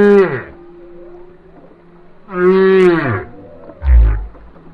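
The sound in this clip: Whale song: three moaning calls, the first two descending in pitch and swooping downward, the last a short deep rumbling note.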